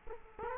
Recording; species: mosquito wingbeat signal from an infrared sensor; Culex quinquefasciatus